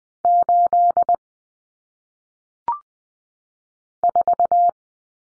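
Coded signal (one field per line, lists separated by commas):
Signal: Morse code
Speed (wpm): 20 wpm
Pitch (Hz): 700 Hz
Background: none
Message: 8 4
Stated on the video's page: Morse practice drill of single-digit numbers at 20 wpm for head-copy, each sent in Morse, spoken, then sent again.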